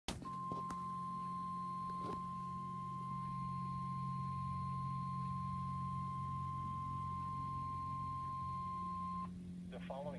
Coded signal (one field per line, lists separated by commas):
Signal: Emergency Alert System (SAME) tones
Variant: 1050 Hz attention tone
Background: speech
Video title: Flash Flood Warning (EAS #59) 8/29/16